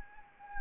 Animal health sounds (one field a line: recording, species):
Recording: mosquito wingbeat signal from an infrared sensor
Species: Anopheles arabiensis